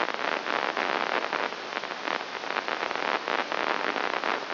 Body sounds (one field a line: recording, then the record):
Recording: brain microelectrode recording played as sound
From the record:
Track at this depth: inside the subthalamic nucleus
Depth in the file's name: 2.301 mm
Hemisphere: right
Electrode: 3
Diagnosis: Parkinson's disease